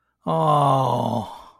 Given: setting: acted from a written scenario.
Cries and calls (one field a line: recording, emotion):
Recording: vocal sound without words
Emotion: sympathy